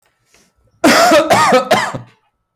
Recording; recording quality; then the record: heavy voluntary cough; excellent, no background noise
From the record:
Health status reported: healthy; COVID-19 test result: not tested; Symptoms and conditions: none ticked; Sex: male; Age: 30 years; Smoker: yes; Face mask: not worn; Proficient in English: yes